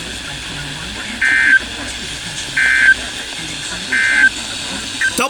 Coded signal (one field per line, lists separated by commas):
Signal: Emergency Alert System (SAME) tones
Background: speech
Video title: Storms for Minutes. (EAS#356-367)